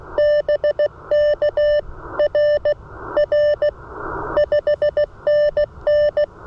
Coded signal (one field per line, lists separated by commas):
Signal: Morse code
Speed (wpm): 18 wpm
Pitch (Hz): 600 Hz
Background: none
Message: BK RR 5NN